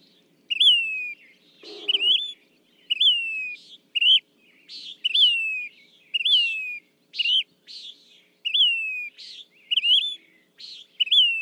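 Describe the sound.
Say's phoebe: a series of plaintive down-slurred whistles and short rising buzzy notes, about one a second; a brief low noise near the start.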